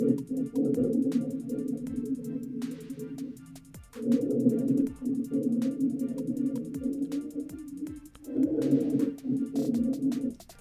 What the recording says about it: They are so noisy and trash-filled in their lungs. They're full of secretions and other debris. There's just so much noise because they're thick and wet inside the lungs. Here's some breath sounds for ronchi. Your patient's not clearing their secretions for the most time. So this is someone that's a slug that sits in bed, they're developing a pneumonia or another type of infection.